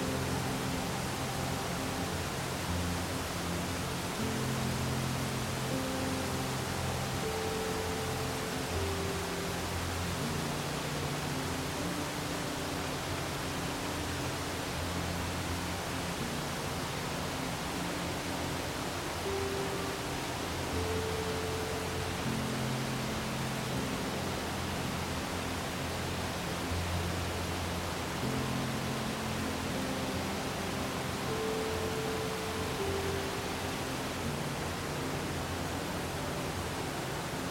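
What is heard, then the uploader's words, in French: A waterfall rushes in a dense, unbroken hiss that stays level throughout. Underneath, soft sustained music moves slowly, with low held tones shifting every few seconds and occasional brighter notes above them, around 7, 21 and 32 seconds. Une CASCADE Apaisante et une MUSIQUE. Une cascade mélodieuse associée à une musique douce. Le murmure harmonieux de l'eau et le jeu subtil des notes.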